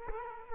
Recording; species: mosquito wingbeat signal from an infrared sensor; Culex quinquefasciatus